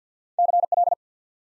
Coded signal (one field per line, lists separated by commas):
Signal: Morse code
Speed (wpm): 49 wpm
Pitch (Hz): 700 Hz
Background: none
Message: CL